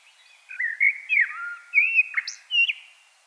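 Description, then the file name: Common blackbird producing one brief, mellow warbled phrase with a few sharp, high squeaky notes mixed in. "Turdus merula"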